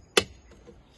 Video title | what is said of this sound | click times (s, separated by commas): M3 Style Mirror Covers For Your E92/3 Pre LCI BMW! EP 5 - DIY Install & Review | I feel like this should click into place now like that. | 0.2 s